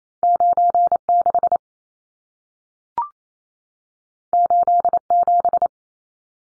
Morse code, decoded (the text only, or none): 96 87